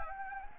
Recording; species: mosquito wingbeat signal from an infrared sensor; Anopheles gambiae